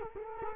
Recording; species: mosquito wingbeat signal from an infrared sensor; Culex quinquefasciatus